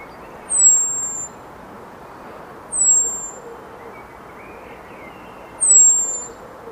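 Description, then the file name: Common blackbird calls: thin, high, slightly descending drawn-out whistles, three heard, spaced roughly every two to three seconds over a steady low background hiss. "Turdus merula"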